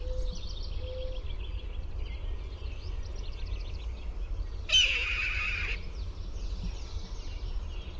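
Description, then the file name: Red-tailed hawk giving a single hoarse, rasping scream lasting about a second, over a steady low rumble and chirping from smaller birds. "RTHA scream"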